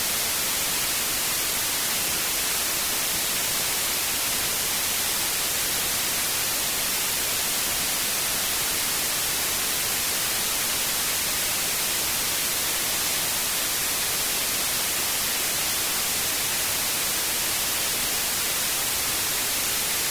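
White noise hisses without a break, steady and dense from start to finish with no events or changes in level. The sound is bright and airy, with the hiss strongest in the high end and only a thin, soft low layer beneath.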